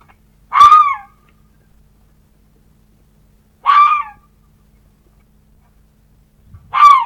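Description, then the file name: Red fox calling three hoarse, wailing barks spaced roughly three seconds apart. "Лиса"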